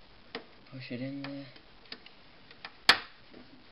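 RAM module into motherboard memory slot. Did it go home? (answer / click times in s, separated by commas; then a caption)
yes / 2.9 s. A desktop RAM stick is pushed down into a motherboard DIMM memory slot while someone talks, with a few faint ticks along the way. At 2.9 s a sharp, loud snap rings out as the retaining clips snap shut and the module seats, installed.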